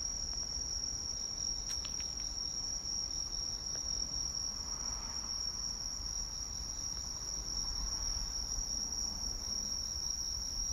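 Cricket trilling continuously on one high, unbroken pitch, with a brief faint click early on and soft low background noise.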